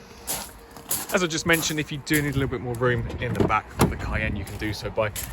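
The boot lid of a Porsche Cayenne 3.0T V6 TiptronicS is closed, and the tailgate latch on the car body catches with a solid thud-click at 0.9 s. The tailgate is closed and latched, and someone talks throughout.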